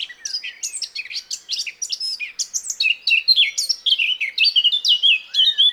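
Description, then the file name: Eurasian blackcap song: a steady, lively stream of high, varied chirps and warbled notes delivered rapidly and without pause. "Sylvia atricapilla"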